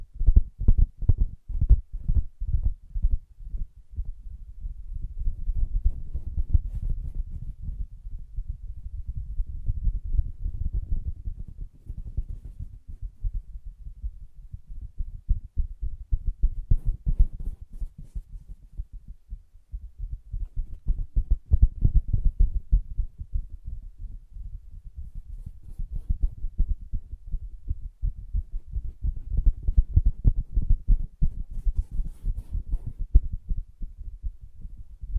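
Soft tapping and scratching on a fabric surface, muffled and low, with nothing bright above. Quick taps come in dense runs that swell and ease every few seconds, busiest near the start and again around 17, 22 and 30 seconds, over a faint dull rustle.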